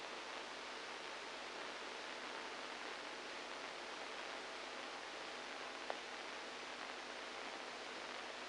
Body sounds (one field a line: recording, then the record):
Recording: brain microelectrode recording played as sound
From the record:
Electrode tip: outside the subthalamic nucleus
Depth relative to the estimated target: -6 mm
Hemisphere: right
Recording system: NeuroSet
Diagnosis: Parkinson's disease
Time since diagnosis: 7 years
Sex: male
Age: 69 years